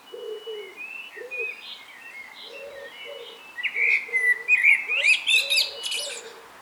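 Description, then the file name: Common blackbird song: quiet warbling that grows into a louder fluted phrase with high twitters, with low repeated notes underneath. "Turdus merula"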